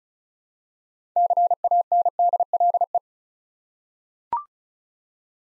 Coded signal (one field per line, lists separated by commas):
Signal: Morse code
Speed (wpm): 36 wpm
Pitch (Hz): 700 Hz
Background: none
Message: CANDLE